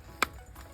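A plastic rear hat anchor of a HaloVet head torch mount is pushed with firm pressure into the snug holes of a Manta 3 safety hat shell. It gives a single sharp, bright click at 0.2 s against a quiet, low background. The anchor seats firmly in the helmet.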